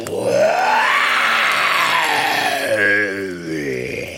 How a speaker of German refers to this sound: Plötzlich dringt ein fürchterliches Gebrüll durch den Dschungel.